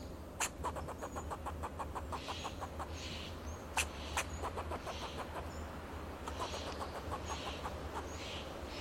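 Fox squirrel chucking in quick repeated bursts of clipped notes, a few louder clicks standing out, over faint bird chirps and a low drone.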